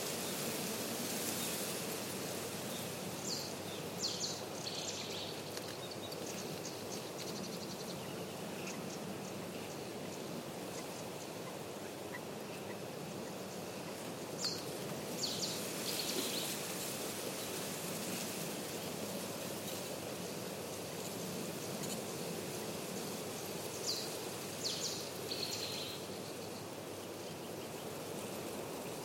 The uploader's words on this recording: The Old Railway Path - Chris Watson. Composer and sound recordist Chris Watson follows the overgrown railway path between Aldeburgh and Saxmundham. Recording an array of elemental, animal and bird sounds.